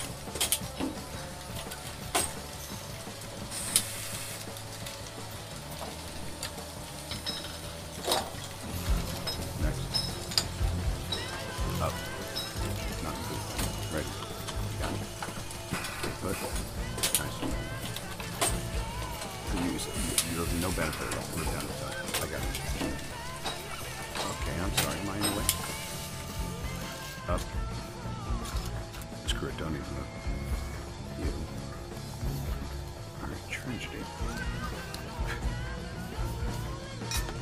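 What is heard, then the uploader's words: Lab ambience of steady mechanical whirring and humming, busy with frequent clanks, ratcheting and tapping sounds, plus faint murmuring voices throughout. Tony Stark's Lab Ambience ASMR.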